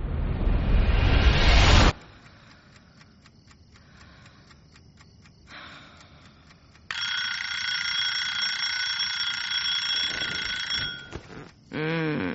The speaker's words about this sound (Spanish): ¿Para qué has puesto el despertador? Lo siento, sigue durmiendo, cielo. Son solo 3.